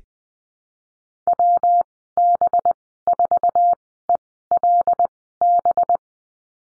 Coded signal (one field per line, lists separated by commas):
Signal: Morse code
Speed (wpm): 20 wpm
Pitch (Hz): 700 Hz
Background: none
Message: WB4ELB